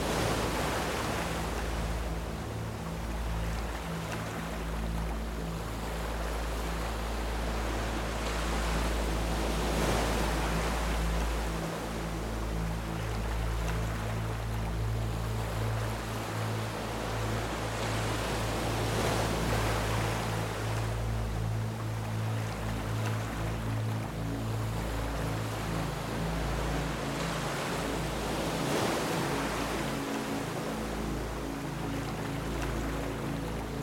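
Waves wash in and out in slow swells, cresting into fuller hiss around 10, 20 and 29 seconds. Beneath the surf, soft, low sustained music tones hold steady, shifting notes now and then, while the overall level stays even.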